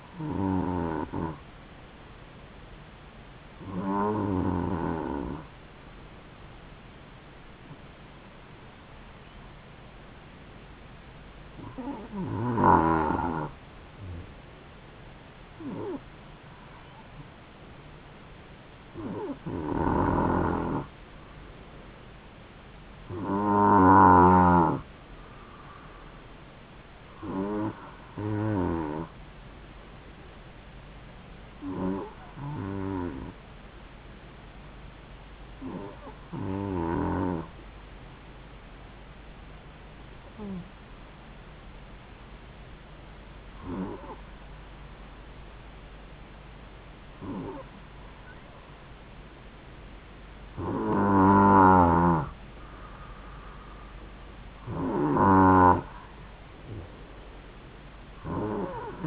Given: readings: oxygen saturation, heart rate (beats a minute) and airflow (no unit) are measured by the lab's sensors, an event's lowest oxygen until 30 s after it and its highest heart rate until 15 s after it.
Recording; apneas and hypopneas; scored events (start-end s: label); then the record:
breathing in sleep by a voice recorder at the bedside; 1
33.00-50.60 s: hypopnea (N2, oxygen 94% highest, then 91% lowest, heart rate 68 at the start, 71 highest)
From the record:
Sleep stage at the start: N2 (light sleep); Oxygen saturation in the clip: 92 to 94%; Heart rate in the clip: 66 to 72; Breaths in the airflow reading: 15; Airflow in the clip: -4.3 to 4.7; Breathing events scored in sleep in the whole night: 270 in 6.1 hours asleep